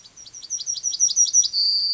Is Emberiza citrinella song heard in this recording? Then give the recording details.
yes. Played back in forest. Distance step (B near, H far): C. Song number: 150